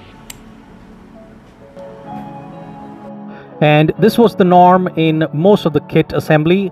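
A plastic part of a Zvezda 1/72 scale MiG-31 "Foxhound" aircraft model kit is pressed into the fuselage assembly and snap-fits with a short, sharp click at 0.3 s, confirming it has seated. Soft music plays underneath, and someone talks from about 3.6 s onward.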